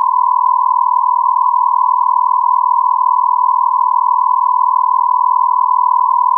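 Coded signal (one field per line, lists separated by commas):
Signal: radio time signal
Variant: Beta, RJH77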